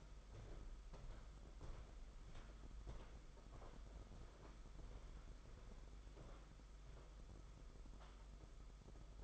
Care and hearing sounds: daily activity, microphone in the room; walk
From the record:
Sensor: 5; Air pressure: 991.8 hPa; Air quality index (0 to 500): 148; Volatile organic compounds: 167 ppm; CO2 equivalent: 4095 ppm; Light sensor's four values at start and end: 32/109/40/43 and 32/109/40/43

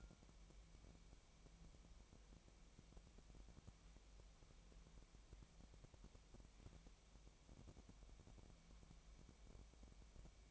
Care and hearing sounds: daily activity, microphone in the room; wipe stove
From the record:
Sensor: 1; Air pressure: 1003.2 hPa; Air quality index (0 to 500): 199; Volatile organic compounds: 6 ppm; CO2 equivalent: 1900 ppm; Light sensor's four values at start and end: 11/25/11/12 and 11/25/11/12

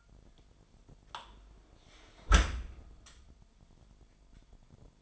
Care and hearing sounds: daily activity, microphone in the room; close dishwasher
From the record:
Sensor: 5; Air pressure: 998.4 hPa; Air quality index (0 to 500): 84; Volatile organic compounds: 1 ppm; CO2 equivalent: 960 ppm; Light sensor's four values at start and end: 20/48/20/22 and 20/47/20/22

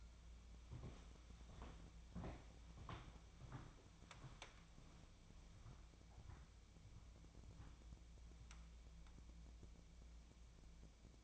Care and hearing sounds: daily activity, microphone in the room; walk to room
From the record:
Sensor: 1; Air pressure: 1000.0 hPa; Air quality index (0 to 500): 132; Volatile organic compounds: 2 ppm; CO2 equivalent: 1252 ppm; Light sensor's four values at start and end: 38/95/40/49 and 41/103/43/54

